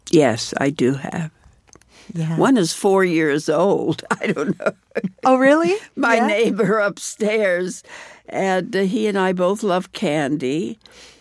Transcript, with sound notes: Yes, I do have.
Yeah?
One is 4 years old (laughter). I don't know.
Oh, really? Yeah?
My neighbor upstairs - and he and I both love candy.